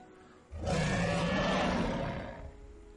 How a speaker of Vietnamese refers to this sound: Nó cuồng bạo phát ra một tiếng gầm thét chấn nhiếp nhân tâm, lại là nặng vô số nhào trên biển, rồi lại chìm.